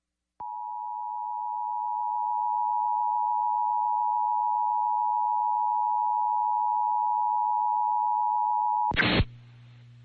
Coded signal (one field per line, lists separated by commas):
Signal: Emergency Alert System (SAME) tones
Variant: 853 and 960 Hz attention tone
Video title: *THE CL-100 RETURNS* Livestream EAS #32: SVR FM Relay (KICM-FM; NWS Norman)